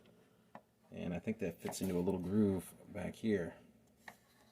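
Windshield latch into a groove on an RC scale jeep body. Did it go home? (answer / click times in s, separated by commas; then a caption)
no / none. Someone talks while handling the windshield latch on an FMS ROC Hobby 1:6 1941 MB Scaler RC scale jeep body, lining it up with a little groove on the body that it pushes up into to lock. Two brief ticks sound at about 0.6 s and 4.1 s around the speech. Nothing has seated or clicked yet.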